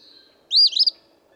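Eastern phoebe with one clear raspy phrase, a buzzy rising start breaking into quick choppy notes, a faint thin tone fading out just before.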